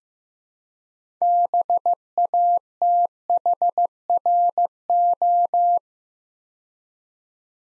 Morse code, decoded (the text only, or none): BATHRO